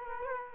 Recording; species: mosquito wingbeat signal from an infrared sensor; Culex quinquefasciatus